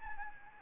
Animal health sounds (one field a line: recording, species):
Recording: mosquito wingbeat signal from an infrared sensor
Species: Anopheles gambiae